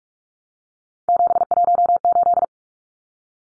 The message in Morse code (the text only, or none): 718